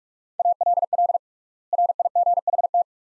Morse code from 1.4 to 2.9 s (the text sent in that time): RIGHT